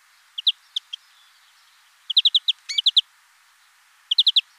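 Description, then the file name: European greenfinch giving short bursts of quick twittering notes separated by pauses, over a soft background hiss. "Verdier"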